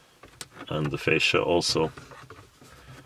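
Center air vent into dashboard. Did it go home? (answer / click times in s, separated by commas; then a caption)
yes / 0.4 s. The center air vent of an Audi A4 B8 is lined up and pushed into the dashboard opening, and its plastic clips click home with a sharp click at 0.4 s. Afterwards someone talks.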